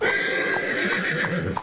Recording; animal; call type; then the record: contact call of a hoofed animal; horse; whinny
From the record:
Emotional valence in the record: negative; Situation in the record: group separation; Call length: 1.62 s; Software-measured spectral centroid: 1940 Hz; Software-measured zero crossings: 2800 a second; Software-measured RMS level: -24 dBFS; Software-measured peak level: -10 dBFS